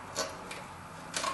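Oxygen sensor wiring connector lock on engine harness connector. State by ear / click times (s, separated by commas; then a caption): not seated / none. An oxygen sensor harness connector on an engine wiring harness is handled after a terminal pin has been pushed back into it, before its plastic lock tab is closed. Short, sharp plastic ticks are heard, the loudest near 1.2 s, but nothing has seated or clicked yet.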